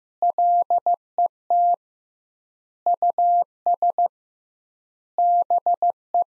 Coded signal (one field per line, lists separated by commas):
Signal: Morse code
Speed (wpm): 16 wpm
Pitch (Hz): 700 Hz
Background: none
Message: LET US BE